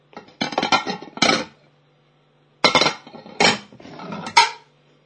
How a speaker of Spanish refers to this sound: A fregar los platos.